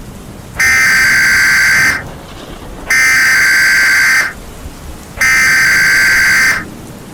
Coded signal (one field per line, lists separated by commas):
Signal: Emergency Alert System (SAME) tones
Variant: header bursts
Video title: Unknown Entity, EAS Scenario